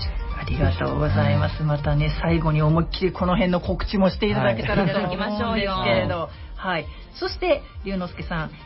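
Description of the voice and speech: An adult radio host speaks Japanese in a lively, smooth delivery with natural pitch rises and few pauses, and a second voice adds brief replies. Articulation is clear and fluent, with no repeats, blocks or strain: ordinary speech.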